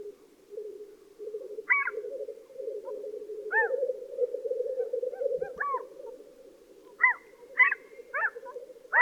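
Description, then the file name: Black-throated loon, a series of short downward-curving harmonic calls, sparse at first then bunched toward the end, over a constant low rushing noise. Recorded with echo. "black throated loon bird echo"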